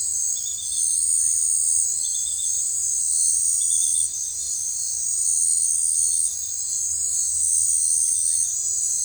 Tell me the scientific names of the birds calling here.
none